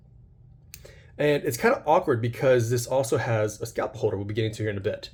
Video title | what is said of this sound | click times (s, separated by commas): EDC Gear Review - September | is that this locks into place | 0.7 s